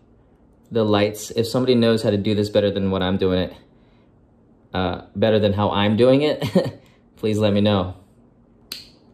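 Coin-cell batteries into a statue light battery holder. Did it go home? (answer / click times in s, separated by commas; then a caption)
yes / 8.7 s. Someone talks while sandwiching coin-cell batteries into the light battery holder of a statue base. After a pause, a short, sharp snap is heard at 8.7 seconds as the batteries seat in place in the holder, stuck in there.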